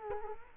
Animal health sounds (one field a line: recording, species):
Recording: mosquito wingbeat signal from an infrared sensor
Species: Culex quinquefasciatus